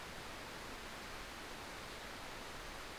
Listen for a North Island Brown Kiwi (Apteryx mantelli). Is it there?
no